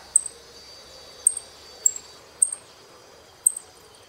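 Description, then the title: Saffron finch giving sharp, high chip notes, five spaced irregularly across a few seconds, over a faint steady background hiss. "Jilguero Argentino"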